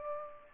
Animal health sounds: mosquito wingbeat signal from an infrared sensor; Aedes aegypti

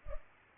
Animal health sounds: mosquito wingbeat signal from an infrared sensor; Culex pipiens

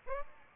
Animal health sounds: mosquito wingbeat signal from an infrared sensor; Aedes aegypti

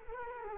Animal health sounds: mosquito wingbeat signal from an infrared sensor; Culex quinquefasciatus

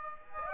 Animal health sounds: mosquito wingbeat signal from an infrared sensor; Aedes aegypti

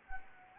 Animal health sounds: mosquito wingbeat signal from an infrared sensor; Anopheles gambiae

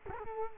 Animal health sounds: mosquito wingbeat signal from an infrared sensor; Culex quinquefasciatus

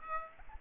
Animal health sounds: mosquito wingbeat signal from an infrared sensor; Aedes aegypti

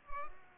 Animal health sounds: mosquito wingbeat signal from an infrared sensor; Culex pipiens

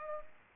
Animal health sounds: mosquito wingbeat signal from an infrared sensor; Culex pipiens

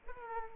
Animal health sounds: mosquito wingbeat signal from an infrared sensor; Aedes aegypti

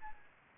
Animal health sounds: mosquito wingbeat signal from an infrared sensor; Aedes aegypti

